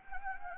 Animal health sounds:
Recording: mosquito wingbeat signal from an infrared sensor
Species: Anopheles gambiae

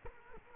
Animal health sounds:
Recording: mosquito wingbeat signal from an infrared sensor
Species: Culex quinquefasciatus

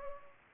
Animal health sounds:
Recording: mosquito wingbeat signal from an infrared sensor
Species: Culex pipiens

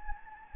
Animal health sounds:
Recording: mosquito wingbeat signal from an infrared sensor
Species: Anopheles gambiae

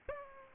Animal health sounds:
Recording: mosquito wingbeat signal from an infrared sensor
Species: Aedes aegypti

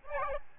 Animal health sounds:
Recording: mosquito wingbeat signal from an infrared sensor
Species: Aedes albopictus

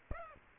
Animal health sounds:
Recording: mosquito wingbeat signal from an infrared sensor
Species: Aedes aegypti

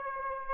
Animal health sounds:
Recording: mosquito wingbeat signal from an infrared sensor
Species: Aedes aegypti

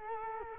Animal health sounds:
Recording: mosquito wingbeat signal from an infrared sensor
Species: Culex quinquefasciatus

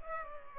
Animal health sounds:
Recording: mosquito wingbeat signal from an infrared sensor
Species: Culex pipiens

